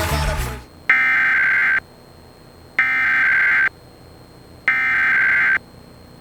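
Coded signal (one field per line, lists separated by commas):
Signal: Emergency Alert System (SAME) tones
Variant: header bursts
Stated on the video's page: TV station relay of South Carolina's Required Monthly Test.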